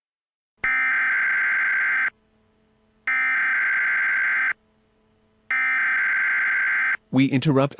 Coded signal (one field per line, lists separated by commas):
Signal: Emergency Alert System (SAME) tones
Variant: header bursts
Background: speech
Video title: EAS Scenario West Eruption of 2028